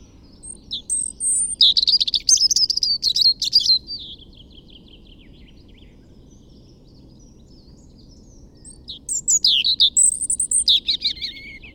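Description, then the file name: European robin singing two rich, varied phrases of high thin whistles and quick tinkling trills, separated by about five seconds of quiet, with a low steady hum beneath. "Erithacus rubecula"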